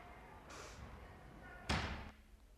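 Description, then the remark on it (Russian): The door of a school's deputy head office, with a blue-and-white sign, opens onto a corridor: a soft scraping rush of noise, then a loud, heavy bang with a deep thud that fades over about half a second, followed by quiet. “Сейчас обязательно откроется эта дверь. Вот, и открылась.”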